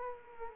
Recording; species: mosquito wingbeat signal from an infrared sensor; Culex quinquefasciatus